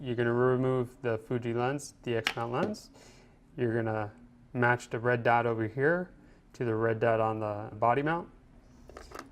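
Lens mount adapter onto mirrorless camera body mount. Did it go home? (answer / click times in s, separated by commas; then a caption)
yes / 9.2 s. Someone talks while lining up the red dot on a lens mount adapter with the red dot on the metal body mount of a Fujifilm X-Pro2 mirrorless camera. The adapter is twisted to lock, giving a few quiet clicks near the end, with the adapter bayonet seating and locking at 9.2 s, so the lens is secured.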